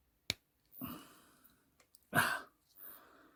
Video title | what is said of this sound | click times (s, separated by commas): Replacing the key fob cover Shell on our rover 75 more detailed | and that's good because I've heard that click in so uh | 0.3 s